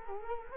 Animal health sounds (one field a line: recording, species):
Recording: mosquito wingbeat signal from an infrared sensor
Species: Culex quinquefasciatus